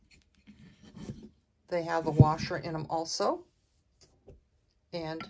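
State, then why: Not seated. A wooden spindle support cup with a washer is handled near its under-leg support, with faint rubbing and small ticks around 0.2–0.5 s and at 4.3 s while someone talks. Nothing has seated or clicked yet; the cup has not snapped into the holder.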